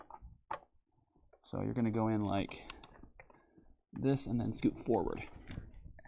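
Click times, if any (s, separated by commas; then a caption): 6.0 s. A part in a PC build is set into its mounting holes and then slid forward, with soft clicks and handling noises heard along the way while someone talks. It locks into place with a sharp click at 6.0 s and is seated tight.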